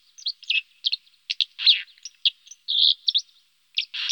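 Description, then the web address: White-throated dipper song, high scratchy notes and short buzzy trills delivered in an uneven, stuttering series. "IVN Zangvogels. Waterspreeuw"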